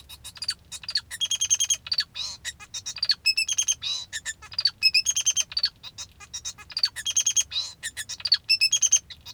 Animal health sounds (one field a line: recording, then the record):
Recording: song of a male Bengalese finch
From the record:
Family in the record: father 2